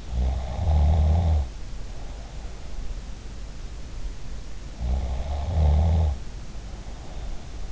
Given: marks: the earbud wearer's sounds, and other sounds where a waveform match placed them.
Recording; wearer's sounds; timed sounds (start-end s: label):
sounds in sleep by an in-ear microphone; snoring breath
0.06-2.60 s: snoring breath
4.76-7.72 s: snoring breath